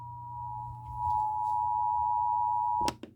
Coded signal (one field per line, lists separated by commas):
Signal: Emergency Alert System (SAME) tones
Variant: 853 and 960 Hz attention tone